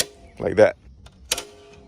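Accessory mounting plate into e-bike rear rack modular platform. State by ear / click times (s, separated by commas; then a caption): seated / 1.3 s. A modular accessory mounting plate is pushed onto the quick-mount platform of an e-bike rear rack while someone talks. One sharp click at 1.3 s shows the plate seating in the rack.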